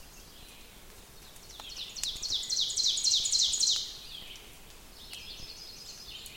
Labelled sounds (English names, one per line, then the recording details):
Ovenbird song
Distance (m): 30 m
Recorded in boreal forest in Alberta, Canada, on 5 June 2016 at 08:07
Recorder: SongMeter 3, array SBT-3-51
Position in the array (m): 244 m, 124 m
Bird 28